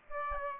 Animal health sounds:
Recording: mosquito wingbeat signal from an infrared sensor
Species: Aedes albopictus

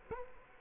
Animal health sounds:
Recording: mosquito wingbeat signal from an infrared sensor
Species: Culex quinquefasciatus

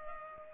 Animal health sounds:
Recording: mosquito wingbeat signal from an infrared sensor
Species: Culex pipiens

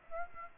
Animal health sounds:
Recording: mosquito wingbeat signal from an infrared sensor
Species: Aedes aegypti

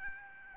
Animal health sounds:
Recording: mosquito wingbeat signal from an infrared sensor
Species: Aedes albopictus

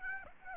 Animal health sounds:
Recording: mosquito wingbeat signal from an infrared sensor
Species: Aedes aegypti

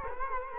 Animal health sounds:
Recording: mosquito wingbeat signal from an infrared sensor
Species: Culex quinquefasciatus

